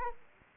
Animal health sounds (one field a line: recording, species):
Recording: mosquito wingbeat signal from an infrared sensor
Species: Anopheles arabiensis